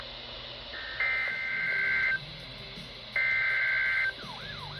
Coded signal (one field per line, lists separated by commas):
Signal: Emergency Alert System (SAME) tones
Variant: end-of-message bursts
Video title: Tropical Storm Elsa + EAS Alerts from 7/9/21 - EAS 292-315